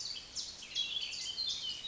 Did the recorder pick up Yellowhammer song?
no